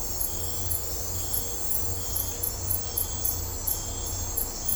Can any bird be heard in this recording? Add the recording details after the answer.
no. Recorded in dense forest near Puerto Asís, Putumayo, Colombia, on 20 December 2024 at 03:00. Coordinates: 0.503, -76.323. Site G043